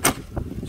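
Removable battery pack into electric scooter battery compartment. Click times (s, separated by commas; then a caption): 0.1 s. A removable front battery pack on a Niu electric scooter is pushed back into its compartment under the seat. A sharp snap is heard at 0.1 s, followed by quieter knocks around 0.4 s and 0.7 s. The battery snaps back in place and is seated.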